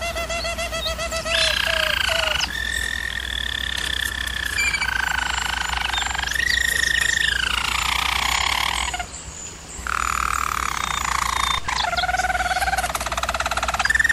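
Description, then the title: German Roller canary song in several rolled tours, each a smooth buzzing trill at its own pitch, separated by short breaks and one brief near-silent pause. German Roller canary singing, for canary training. "German Roller Canary Singing - Canary Training Vid"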